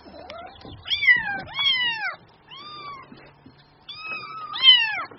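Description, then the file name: Cat: plaintive kitten mews, long gently falling cries, several in succession with a short quiet gap midway. Kitten mewing cutely (Vietnamese: tiếng mèo con kêu nũng nịu dễ thương). "Tieng meo con keu nung niu de thuong"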